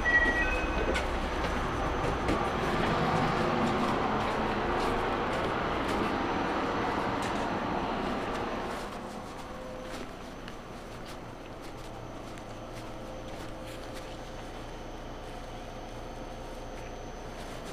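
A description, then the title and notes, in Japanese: A small train on the Yokkaichi Asunarou Railway rumbles along with a dense, steady roar for the first eight seconds or so. The noise then drops to a quieter hum with scattered clicks and knocks, as if slowing or standing, and a faint high whine runs throughout. 四日市あすなろう鉄道 内部→日永→西日野→日永。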